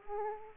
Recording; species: mosquito wingbeat signal from an infrared sensor; Aedes aegypti